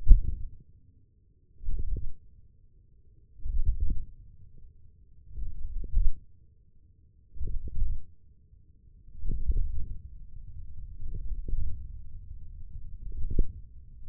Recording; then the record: forearm muscle sounds (acoustic myography)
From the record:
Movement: wrist extension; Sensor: system 1, eight BSWA MPA416 microphones around the upper forearm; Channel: 3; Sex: male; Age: 28 years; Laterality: right